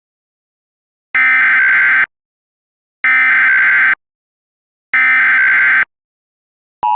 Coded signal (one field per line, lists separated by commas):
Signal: Emergency Alert System (SAME) tones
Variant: header bursts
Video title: ALLERTA PER CALDO ESTREMO nella regione Toscana - EAS MOCK #1